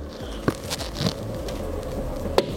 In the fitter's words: And there we go. There's a little click just then, and now you can see the red lock